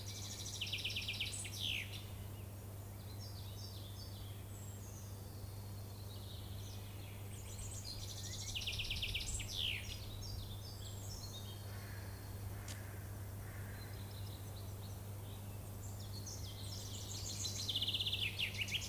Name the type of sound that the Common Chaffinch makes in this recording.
song